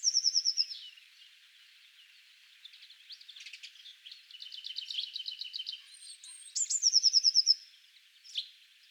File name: Cyanistes caeruleus